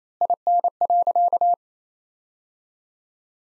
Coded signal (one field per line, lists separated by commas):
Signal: Morse code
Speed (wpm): 27 wpm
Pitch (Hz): 700 Hz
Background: none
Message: IN.